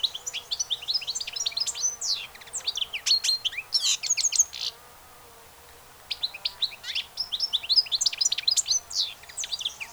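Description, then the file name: Finch twittering song, fast bursts of tinkling and buzzy high notes, breaking off briefly before a second busy phrase. "pintassilgo"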